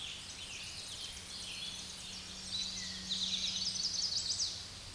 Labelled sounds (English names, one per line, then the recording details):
Chestnut-sided Warbler song
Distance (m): 45 m
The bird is about 5 m above the microphone
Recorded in a Pennsylvania forest on 16 May 2024 at 06:30
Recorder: AudioMoth, point MSD-1338
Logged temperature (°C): 12.6 °C
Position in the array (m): 79 m, 68 m